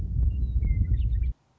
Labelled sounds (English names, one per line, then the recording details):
Western Meadowlark
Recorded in Sonoma County, California